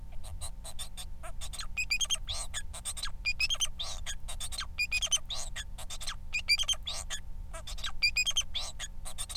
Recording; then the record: song of a male Bengalese finch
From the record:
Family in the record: son of father 4